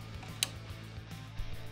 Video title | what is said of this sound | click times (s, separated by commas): Markforged Extrusion System Maintenance: Nozzle Replacement | for the printhead to heat then tighten the nozzle until it clicks | 0.4 s